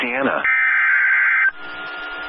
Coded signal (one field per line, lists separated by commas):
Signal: Emergency Alert System (SAME) tones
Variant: header bursts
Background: speech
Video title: Some SLIGHTLY disappointing storms! EAS Alerts from December 25th - 26th [EAS #3,494 - #3,540]